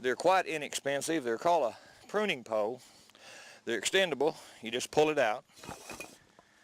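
Someone talks while handling an inexpensive, extendable pruning pole, pulling out its telescoping section so it will lock into the pole body. Soft rubbing and handling noises follow the speech, with two brief sharp sounds near the end. Nothing has seated or clicked yet; the section has not locked into place.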